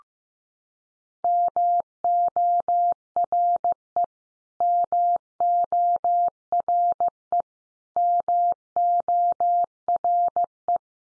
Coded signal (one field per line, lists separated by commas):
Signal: Morse code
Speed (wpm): 14 wpm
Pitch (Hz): 700 Hz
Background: none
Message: MORE MORE MORE